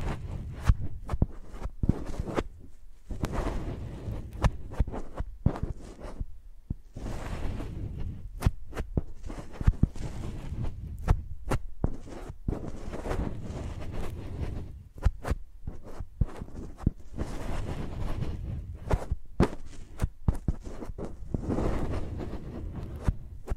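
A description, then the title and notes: Microphones used like pencils, scraping and tapping across a surface. Dull low thumps and rubbing fill the whole stretch, broken by frequent sharp clicks and brief scratchy bursts at an uneven, busy pace, with a few short near-silent gaps. Using Mics as Pencils (No Talking).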